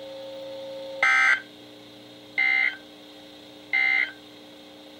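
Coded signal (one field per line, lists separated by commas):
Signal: Emergency Alert System (SAME) tones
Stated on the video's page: Real NOAA Weather Radio alerts during a severe weather night, received on several weather radios including a Bearcat BC-W and Midland Weathermax.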